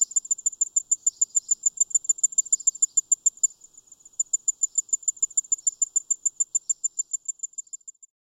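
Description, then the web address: Tinkling ground cricket song, a steady series of high, clear tinkling pulses, softening briefly midway, then resuming until it stops near the end. "The Songs of Insects. Tinkling Ground Cricket"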